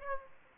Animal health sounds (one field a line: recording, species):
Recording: mosquito wingbeat signal from an infrared sensor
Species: Aedes aegypti